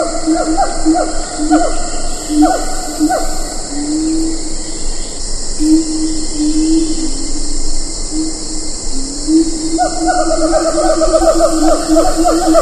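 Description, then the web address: Siamang: spaced barks, then low gliding hoots and a fast series of whoops near the end, under a steady buzzing insect background. "earth naturelibrary assets s si siamang"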